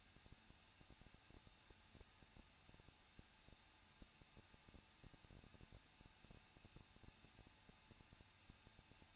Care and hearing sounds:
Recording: daily activity, microphone in the room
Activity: no activity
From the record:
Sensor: 2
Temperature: 21.0 degrees Celsius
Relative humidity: 37.5%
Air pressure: 1006.3 hPa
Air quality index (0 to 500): 224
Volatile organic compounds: 25 ppm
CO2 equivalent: 2840 ppm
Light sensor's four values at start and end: 2/3/2/2 and 2/3/2/2

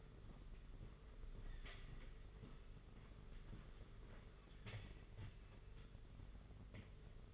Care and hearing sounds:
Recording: daily activity, microphone in the room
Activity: walk to room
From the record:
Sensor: 4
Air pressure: 991.9 hPa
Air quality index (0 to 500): 86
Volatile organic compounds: 7 ppm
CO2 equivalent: 1964 ppm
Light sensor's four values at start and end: 21/74/27/29 and 19/67/25/26

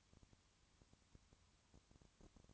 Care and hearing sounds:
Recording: daily activity, microphone in the room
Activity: no activity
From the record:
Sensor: 3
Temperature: 20.5 degrees Celsius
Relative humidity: 34.6%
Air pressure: 1001.0 hPa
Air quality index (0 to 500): 195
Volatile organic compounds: 6 ppm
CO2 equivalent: 1855 ppm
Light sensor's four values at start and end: 2/3/2/2 and 2/3/2/2

